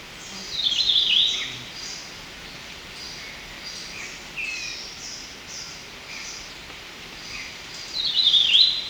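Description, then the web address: Rufous-naped greenlet singing short slurred phrases near the start and end, with fainter scattered notes between. Ecuador. "Birds of Ecuador. Rufous-Naped Greenlet"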